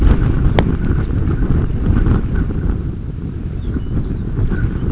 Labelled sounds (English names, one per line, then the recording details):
unidentified sound
Semipalmated Sandpiper
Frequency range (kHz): Semipalmated Sandpiper 2.2-3.5 kHz
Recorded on Arctic tundra, site UTQI-5, on 26 June 2018
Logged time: 20:00